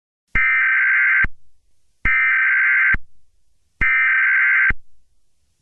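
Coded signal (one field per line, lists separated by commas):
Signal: Emergency Alert System (SAME) tones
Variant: header bursts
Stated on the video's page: Fictional EAS scenario.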